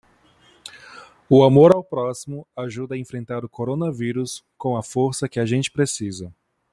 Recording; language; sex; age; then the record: spoken sentence; Brazilian Portuguese; male; 20 to 29 years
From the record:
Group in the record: control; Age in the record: 26 years